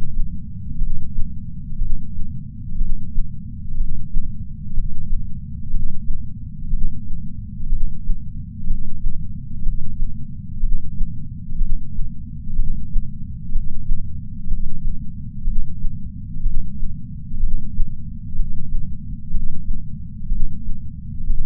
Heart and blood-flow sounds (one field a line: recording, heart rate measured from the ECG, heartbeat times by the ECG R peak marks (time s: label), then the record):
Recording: heart sounds by patch sensor on the chest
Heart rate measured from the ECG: 61 bpm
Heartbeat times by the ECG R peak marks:
0.78 s: heartbeat
1.78 s: heartbeat
2.78 s: heartbeat
3.77 s: heartbeat
4.74 s: heartbeat
5.70 s: heartbeat
6.70 s: heartbeat
7.69 s: heartbeat
8.67 s: heartbeat
9.62 s: heartbeat
10.60 s: heartbeat
11.58 s: heartbeat
12.56 s: heartbeat
13.52 s: heartbeat
14.47 s: heartbeat
15.44 s: heartbeat
16.42 s: heartbeat
17.40 s: heartbeat
18.35 s: heartbeat
19.31 s: heartbeat
20.28 s: heartbeat
21.27 s: heartbeat
From the record:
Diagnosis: coronary artery disease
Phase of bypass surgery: preoperative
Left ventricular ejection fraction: 62.4%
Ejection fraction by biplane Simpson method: 59%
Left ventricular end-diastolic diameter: 53 mm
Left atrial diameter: 40 mm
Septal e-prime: 7.2 cm/s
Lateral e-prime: 9.5 cm/s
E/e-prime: 9.1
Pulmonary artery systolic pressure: 23 mmHg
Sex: male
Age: 60 years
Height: 180 cm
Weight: 100 kg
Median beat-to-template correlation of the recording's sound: 0.92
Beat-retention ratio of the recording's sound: 0.96